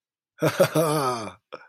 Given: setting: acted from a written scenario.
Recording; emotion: vocal sound without words; positive surprise